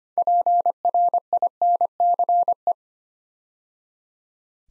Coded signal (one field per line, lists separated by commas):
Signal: Morse code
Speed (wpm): 25 wpm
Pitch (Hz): 700 Hz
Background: none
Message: PRINCE